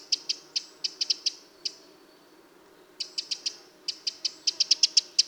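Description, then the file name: Eurasian wren ticking calls, a run of sharp clicks, then over a second of quiet, then faster clicks building toward the end. "Troglodytes troglodytes"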